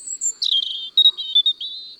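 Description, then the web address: European robin delivering a liquid, wavering warble of high notes, rising and falling over two seconds, against a steady thin whine. "le rougegorge familier. album cuicui-et-compagnie"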